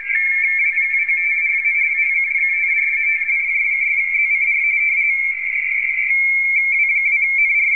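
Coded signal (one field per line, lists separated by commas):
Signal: RTTY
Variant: 45.45 baud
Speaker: W2 NRA is trying to get him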